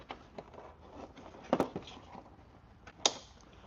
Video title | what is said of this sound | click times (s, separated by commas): #Jdm Transforming my infinite Q50 into a show#car #automobile | when it hear it snap that mean know it's in guys | 3.1 s